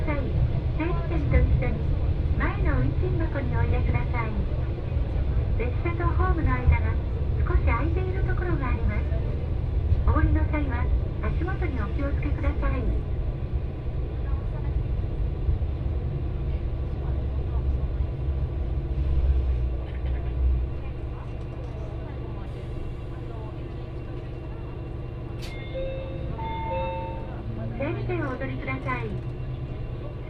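A ride on the Etsumi-Hoku Line train from Hakariishi to Fukui, with a steady low engine rumble throughout. Voices talk over it for the first twenty seconds, then it quiets, and brief high tones sound around the twenty-five second mark.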